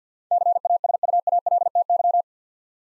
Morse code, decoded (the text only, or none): CASUALTY